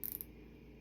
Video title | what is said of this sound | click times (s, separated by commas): 4th of july bow, Lets create this 4th of july decor #wreathbow #patriotic #godblessusa | bow, and you can hear it click. | 0.1 s, 0.2 s